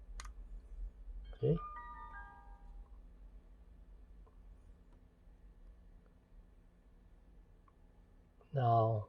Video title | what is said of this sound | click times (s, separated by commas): Unboxing and review of WOLFANG GA300 action camera | so slowly and push it all the way in until you hear the click | 0.2 s